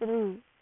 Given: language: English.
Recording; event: throat vibration sensor signal played as sound; speech